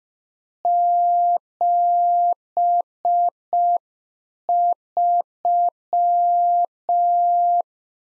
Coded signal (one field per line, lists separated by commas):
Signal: Morse code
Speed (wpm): 5 wpm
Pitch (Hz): 700 Hz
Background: none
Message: 73